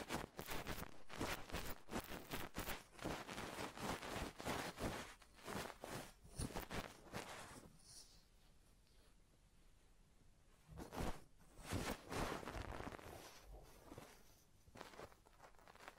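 A head massage and ear cleaning, heard as dense, rapid rubbing and scratching strokes that fill the first eight seconds. A quieter stretch with soft rustling follows, then bursts of brisk scraping return around eleven to thirteen seconds before easing again.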